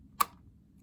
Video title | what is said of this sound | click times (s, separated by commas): My drone collection review! | you put it back in you just put it back in until you hear this click | 0.2 s